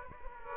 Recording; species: mosquito wingbeat signal from an infrared sensor; Aedes aegypti